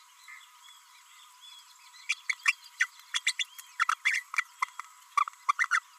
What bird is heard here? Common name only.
Green-rumped Parrotlet